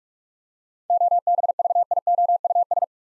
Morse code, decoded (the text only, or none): OBVIOUS